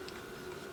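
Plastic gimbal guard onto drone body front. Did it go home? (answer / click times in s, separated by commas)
no / none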